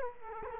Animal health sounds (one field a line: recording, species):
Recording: mosquito wingbeat signal from an infrared sensor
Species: Culex quinquefasciatus